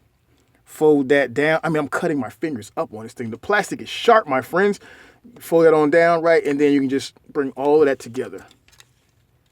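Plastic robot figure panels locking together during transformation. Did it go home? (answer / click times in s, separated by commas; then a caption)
no / none. Someone talks while handling the folded plastic sections of a transforming robot figure, bringing the panels together to lock them in place. A couple of faint, sharp handling taps are heard near 8.7 and 8.8 seconds as the talking ends. Nothing has seated or clicked into place yet.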